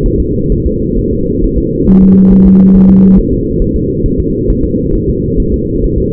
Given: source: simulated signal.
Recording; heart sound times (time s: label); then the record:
fetal heart sounds
0.06 s: S1
0.20 s: S2
0.52 s: S1
0.66 s: S2
0.99 s: S1
1.13 s: S2
1.44 s: S1
1.58 s: S2
1.89 s: S1
2.03 s: S2
2.33 s: S1
2.47 s: S2
2.76 s: S1
2.90 s: S2
3.18 s: S1
3.33 s: S2
3.62 s: S1
3.76 s: S2
4.06 s: S1
4.20 s: S2
4.50 s: S1
4.65 s: S2
4.95 s: S1
5.09 s: S2
5.40 s: S1
5.54 s: S2
5.84 s: S1
5.98 s: S2
From the record:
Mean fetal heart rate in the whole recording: 135 bpm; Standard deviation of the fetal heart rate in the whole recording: 3 bpm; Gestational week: 36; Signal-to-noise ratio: -14.7 dB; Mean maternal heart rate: 72 bpm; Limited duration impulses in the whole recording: present